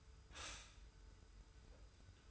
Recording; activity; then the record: daily activity, microphone in the room; stop toaster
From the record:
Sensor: 2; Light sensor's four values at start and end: 27/64/26/26 and 27/64/26/26